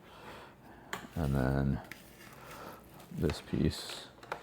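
A plastic attachment piece of a Eureka ReactiSense 440 cordless stick vacuum is handled near the wand or head while someone talks. Brief sharp handling sounds occur at about 0.9 s and 4.2–4.3 s. Nothing has seated or clicked into place yet.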